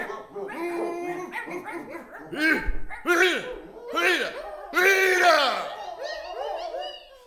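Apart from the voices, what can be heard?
dogs barking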